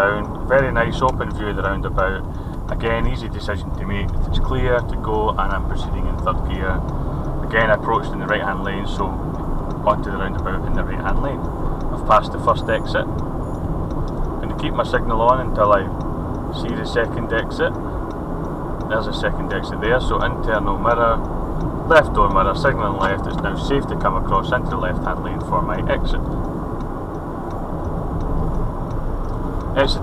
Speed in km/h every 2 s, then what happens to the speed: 35, 29, 31, 39, 44, 45, 45, 45, 45, 47, 50, 50, 48, 50, 50.
3-7 speeds up to 44. 7-30 steady at about 47.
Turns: 6-19.